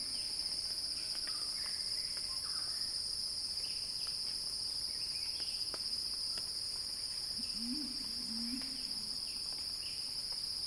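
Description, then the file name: Cicada chorus holding a continuous shrill buzz, with scattered ticks and a short low warbling sound near the end. Cicada crescendo; recorded by Axel Drioli. "earth-fm Axel-Drioli Cicada-Crescendo-Sounding-Wild"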